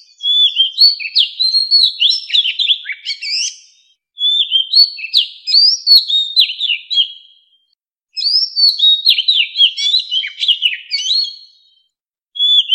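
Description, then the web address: White-rumped shama delivers repeated song bursts of about three to four seconds, loud melodious whistles interspersed with sharp ticking notes, separated by brief pauses. White-rumped shama song as a ringtone, used as a lure for bird trapping. "tieng chim Chich Choe. tieng chich choe lua hot keu bay moi"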